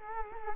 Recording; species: mosquito wingbeat signal from an infrared sensor; Culex quinquefasciatus